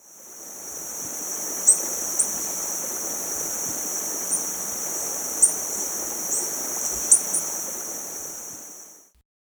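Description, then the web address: Blue-and-black tanager calls: thin, very high, sharp chips given at irregular intervals, about seven in nine seconds, over a steady rushing hiss like running water. Recorded in Ecuador. "Birds of Ecuador. Blue-And-Black Tanager"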